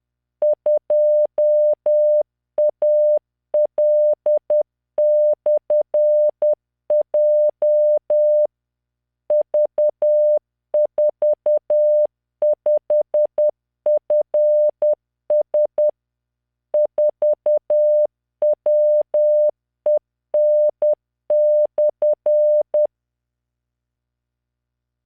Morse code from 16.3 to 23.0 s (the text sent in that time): 4WEN/